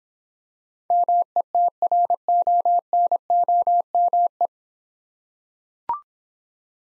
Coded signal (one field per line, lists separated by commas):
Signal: Morse code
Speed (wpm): 26 wpm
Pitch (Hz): 700 Hz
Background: none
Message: METRONOME